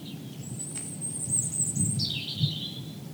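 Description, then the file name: European robin song fragment: a long, very high thin whistle followed by a descending slurred note, over a steady low rumble. "rouge gorge"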